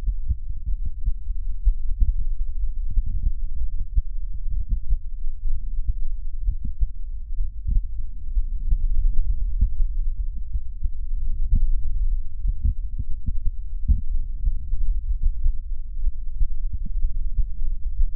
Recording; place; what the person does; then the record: lung sounds by stethoscope; right anterior apical chest; quiet breathing, then deep breathing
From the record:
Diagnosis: interstitial lung disease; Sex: female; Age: 60 years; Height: 154 cm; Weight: 68.1 kg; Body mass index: 28.7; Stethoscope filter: bell mode